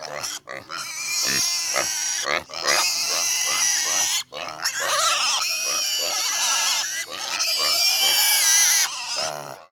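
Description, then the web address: Piglets squealing and grunting in a dense, almost unbroken chorus of shrill, harmonic cries with only brief pauses. "maialini"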